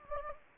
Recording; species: mosquito wingbeat signal from an infrared sensor; Anopheles gambiae